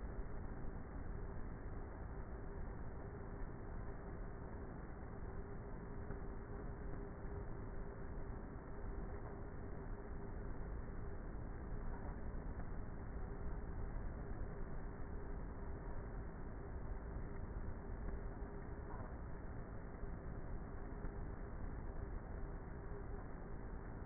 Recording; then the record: honeybee colony, microphone inside the hive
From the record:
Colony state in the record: queenless with a low population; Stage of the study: before two queens were removed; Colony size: about 30,000 bees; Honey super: no